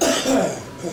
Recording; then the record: coughing mixed with background sound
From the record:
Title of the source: Residual Phlegmy Morning Coughing and Gagging